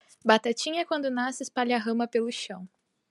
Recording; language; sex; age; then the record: short text; Brazilian Portuguese; female; 18 to 19 years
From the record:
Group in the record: control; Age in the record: 19 years